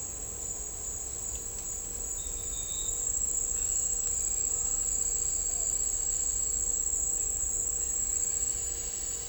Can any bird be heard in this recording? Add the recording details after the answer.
no. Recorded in dense forest near Puerto Asís, Putumayo, Colombia, on 20 December 2024 at 10:30. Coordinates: 0.499, -76.324. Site G045